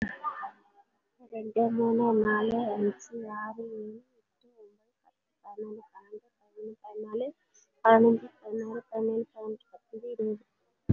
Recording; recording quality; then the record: counting at a normal pace; excellent, no background noise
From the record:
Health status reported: respiratory illness, not identified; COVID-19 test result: negative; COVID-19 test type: RT-PCR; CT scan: taken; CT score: 0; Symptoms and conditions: cough, cold, breathing difficulty, pneumonia, another respiratory illness, another condition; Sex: female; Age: 37 years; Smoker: no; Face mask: worn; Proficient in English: yes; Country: India